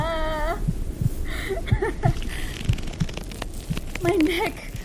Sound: chuckles